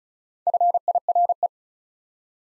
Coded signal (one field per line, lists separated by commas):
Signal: Morse code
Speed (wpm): 33 wpm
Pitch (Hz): 700 Hz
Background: none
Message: FIRE